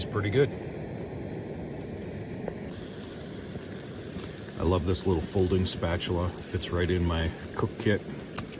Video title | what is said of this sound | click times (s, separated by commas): FIRST CAMPOUT OF SPRING 2024 | Locks in place, works pretty perfect. | 8.4 s